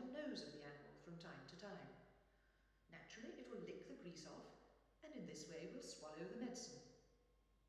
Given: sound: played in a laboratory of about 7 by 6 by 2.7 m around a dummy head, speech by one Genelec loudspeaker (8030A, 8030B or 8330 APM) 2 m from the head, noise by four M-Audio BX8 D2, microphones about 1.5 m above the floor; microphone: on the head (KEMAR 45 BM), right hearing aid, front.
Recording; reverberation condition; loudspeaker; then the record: female speech in English; high; 60 degrees to the right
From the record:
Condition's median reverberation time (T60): about 1300 ms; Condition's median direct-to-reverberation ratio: about -4.0 dB